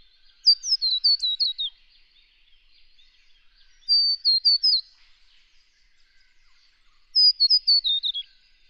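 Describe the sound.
Scarlet honeyeater song: three short bursts of high, bell-like notes, mostly tumbling downward, separated by pauses of about two seconds in quiet surroundings.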